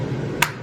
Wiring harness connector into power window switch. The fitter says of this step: snap that until they click,